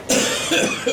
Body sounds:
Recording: coughing mixed with background sound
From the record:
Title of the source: Spring Cold Coughing.

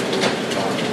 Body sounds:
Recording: background sound without coughing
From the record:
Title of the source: Office Sounds Ambience - Background Noise for Study and Work

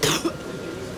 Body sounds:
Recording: coughing mixed with background sound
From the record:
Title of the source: Wet coughing

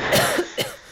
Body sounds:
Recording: coughing mixed with background sound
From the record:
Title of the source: Coughing Woman Sound - Woman Cough Sound Effect

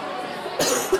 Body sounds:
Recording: coughing mixed with background sound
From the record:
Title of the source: 34 coughing up crap again

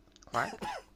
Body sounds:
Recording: coughing mixed with background sound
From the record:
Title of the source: Dry Coughing Fit in the Afternoon.

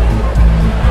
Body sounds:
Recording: background sound without coughing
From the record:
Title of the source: Party Noise 1 Hour Party Ambience

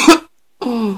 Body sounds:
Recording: coughing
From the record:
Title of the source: 64 coughing, allergies, singing lungs

